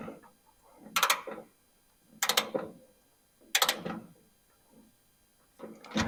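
Someone torques the last steering box mounting bolt into a threaded steel plate on a 1965 Mustang, producing four bursts of ratcheting mechanical noise at about 1.0, 2.2, 3.5 and 5.6 seconds, with sharp hits near 1.1, 2.3, 2.4, 3.6 and 3.6 seconds and quiet gaps between. The bolt got tight and then loose because the plate threads stripped out, so nothing has seated or clicked into place.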